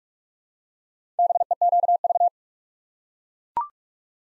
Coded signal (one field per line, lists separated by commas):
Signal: Morse code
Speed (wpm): 44 wpm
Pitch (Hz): 700 Hz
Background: none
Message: BEQV